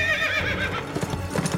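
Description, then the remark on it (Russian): A horse whinnies with a wavering, high-pitched neigh as a rider gets on it, followed by a quick run of hooves clip-clopping in an uneven rhythm, fairly loud with no voices. “Никита тоже садится на лошадь.”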